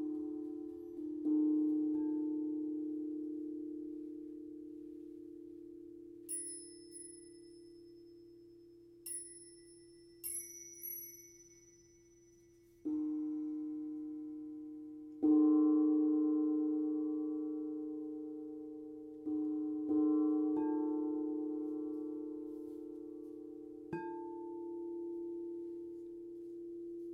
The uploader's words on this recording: Sound Bath Soothe Session.